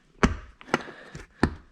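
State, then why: Not seated. A plastic interior trim piece from a BMW 3 Series, with its locking tab released, is handled as its square section is pushed toward its opening in the car body during a front and rear strut tower brace install. Three sharp handling knocks are heard at about 0.2, 0.7 and 1.4 seconds, with softer rustling between them. The piece has not seated or clicked in yet.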